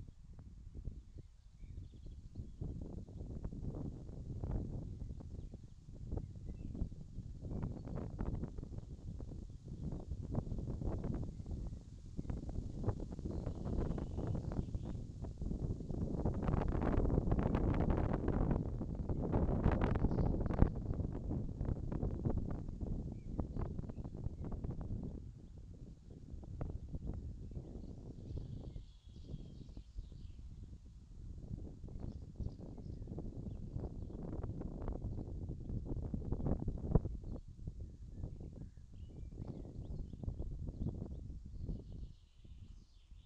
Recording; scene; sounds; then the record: everyday scene through a hearing-aid microphone; wind on the microphone; wind, birds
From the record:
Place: in front of a rural house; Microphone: in the ear canal, left